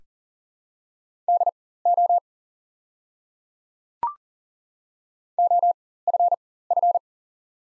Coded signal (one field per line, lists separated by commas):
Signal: Morse code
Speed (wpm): 40 wpm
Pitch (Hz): 700 Hz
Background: none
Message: DO OFF